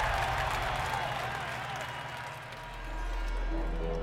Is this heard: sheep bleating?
no